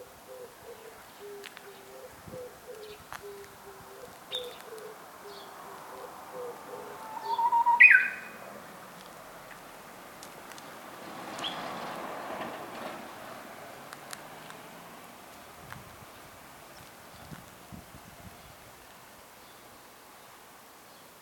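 A Japanese bush warbler sings once, just before the eight-second mark: a held whistle that breaks into a quick, higher flourish, the loudest moment of the clip. Beforehand a faint, low, stuttering tone repeats, and a soft rushing swell rises around twelve seconds.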